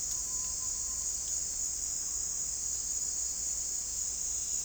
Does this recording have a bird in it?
no